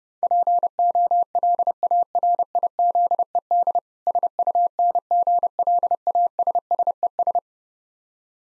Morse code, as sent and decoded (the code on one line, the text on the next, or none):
.--. --- .-.. .- .-. .. --.. . -.. / ... ..- -. --. .-.. .- ... ... . ...
POLARIZED SUNGLASSES